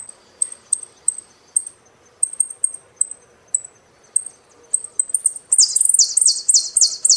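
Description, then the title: Saffron finch: quick high single chirps in an uneven series, then loud rasping song phrases, each dropping in pitch, repeated rapidly to the end. "Jilguero Argentino"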